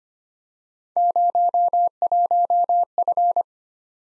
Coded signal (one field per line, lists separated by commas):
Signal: Morse code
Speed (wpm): 25 wpm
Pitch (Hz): 700 Hz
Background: none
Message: 01F